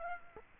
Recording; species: mosquito wingbeat signal from an infrared sensor; Aedes aegypti